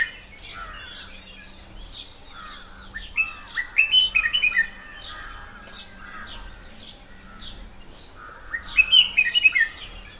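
Red-whiskered bulbul giving two bursts of warbled, liquid whistles a few seconds apart, while other small birds chirp steadily through the background and a low hum continues.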